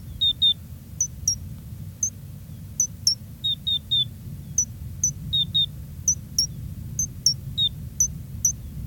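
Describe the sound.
Gray's lark uttering sharp, very high chips, some in quick doubled pairs at a lower pitch, repeated steadily throughout over a constant low background rumble.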